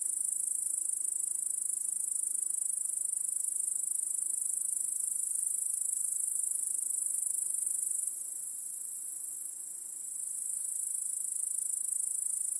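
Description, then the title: Steady cricket chorus, an unbroken shrill buzz high in pitch, briefly quieter before returning to full strength. Chorus of crickets in a home backyard at night. "Crickets in Your Backyard 🏡. Discovering the Sounds of Home"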